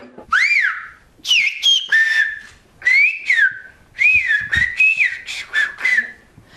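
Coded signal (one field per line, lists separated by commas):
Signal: whistled language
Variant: Occitan whistled (Aas)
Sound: several short phrases of a single gliding whistle rising and falling in pitch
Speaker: ici les élèves de la classe français ocitant n'apprennent pas seulement la langue de leurs ancêtres mais aussi le sifflement en langue occitane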